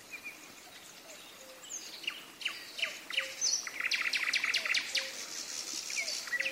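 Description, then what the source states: Common nightingale song, a quiet start of scattered chirps and whistles, then dense bursts of sharp clicks, buzzes and high trills from the middle onward. Singing in the evening, with thunder.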